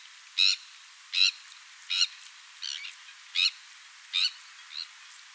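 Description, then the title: Sandwich tern giving harsh, grating calls, seven short rasping notes spaced under a second apart. "Sylvain Jaskowiak - Mes piafs. Sternes Caugek"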